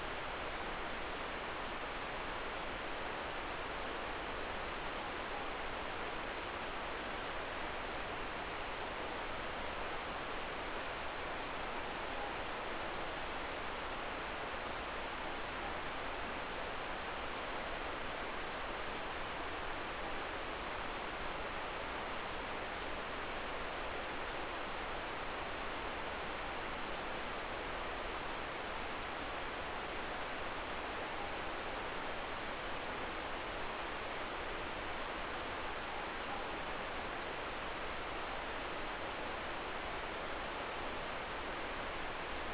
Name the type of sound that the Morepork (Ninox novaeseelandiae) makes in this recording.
more-pork call